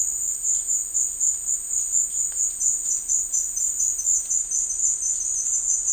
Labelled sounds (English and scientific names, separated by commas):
none